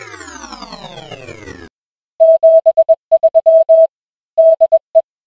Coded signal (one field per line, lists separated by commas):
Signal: Morse code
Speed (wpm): 21 wpm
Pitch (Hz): 650 Hz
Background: none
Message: 73 DE